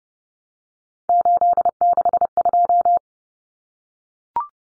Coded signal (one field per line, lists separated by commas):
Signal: Morse code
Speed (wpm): 30 wpm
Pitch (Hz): 700 Hz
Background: none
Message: 862